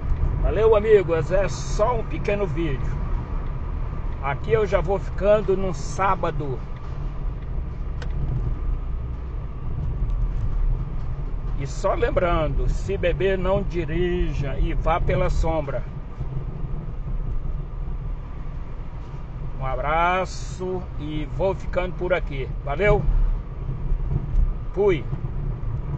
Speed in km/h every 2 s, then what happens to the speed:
53, 54, 57, 58, 54, 50, 46, 43, 43, 44, 44, 45, 46.
0-7 steady at about 54. 7-14 slows to 43. 14-26 steady at about 44.